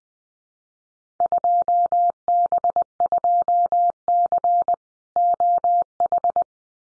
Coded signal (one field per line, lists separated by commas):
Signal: Morse code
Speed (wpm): 20 wpm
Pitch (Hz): 700 Hz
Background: none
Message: 2B2C OH